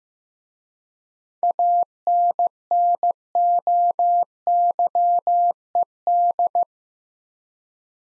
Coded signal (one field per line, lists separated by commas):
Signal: Morse code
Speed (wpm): 15 wpm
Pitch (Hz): 700 Hz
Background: none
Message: ANNOYED